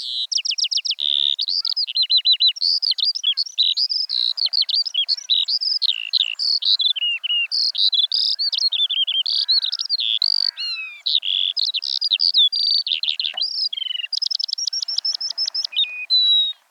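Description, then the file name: Eurasian skylark song: sustained, rapid high warbling full of trills and slurred whistles, pouring on without pause throughout. "veldleeuwerik"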